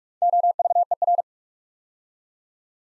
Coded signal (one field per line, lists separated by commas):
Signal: Morse code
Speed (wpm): 44 wpm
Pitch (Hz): 700 Hz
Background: none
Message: OVER